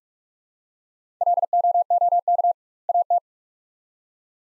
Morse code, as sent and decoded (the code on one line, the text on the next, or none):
.-.. --- --- -.- / .- -
LOOK AT